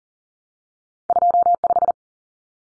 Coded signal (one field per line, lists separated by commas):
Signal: Morse code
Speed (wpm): 40 wpm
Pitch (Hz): 700 Hz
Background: none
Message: 25